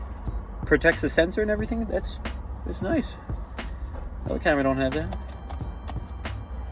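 While unboxing a new Canon R6 mirrorless camera, a lens is handled and fitted toward the body's bayonet mount as someone talks over faint background music, with brief sharp handling taps near 3.6, 5.9 and 6.3 seconds. The lens has not clicked onto the mount yet; nothing has seated by the end of the clip.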